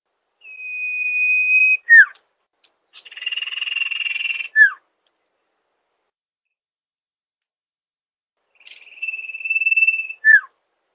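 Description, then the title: Bird song repeating one pattern: a steady sustained whistle, a falling slur, a rapid buzzy trill ending in another slur, then silence before the whistle and slur return. Song used for training songbirds (masteran). "Master Burung Jos"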